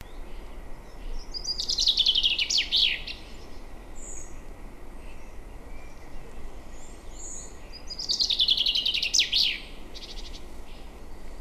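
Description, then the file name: Common chaffinch song: two quick descending trill phrases ending in a flourish, about six seconds apart, over a steady low rushing background noise. "Fringilla coelebs"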